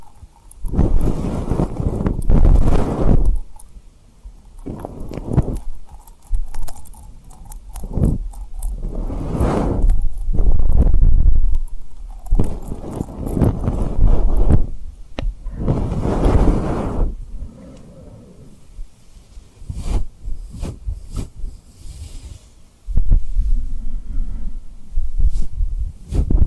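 Tapping and rubbing on a rhinestone surface with lip trigger sounds, coming in irregular bursts of soft, low rustling and scratching. Sharp little taps and clicks are scattered throughout, clustering between the longer rubbing passages, with brief quiet gaps in between.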